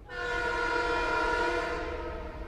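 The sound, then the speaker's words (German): At the historic railway station in Yonkers, north of New York, a train horn sounds one long, steady, loud blast with a rich, even chord, held over a low rumbling rail noise for the whole stretch. “Vom historischen Bahnhof in Yonkers ist es nur ein Katzensprung zum Hudson River, wo die Science Barge ankert.”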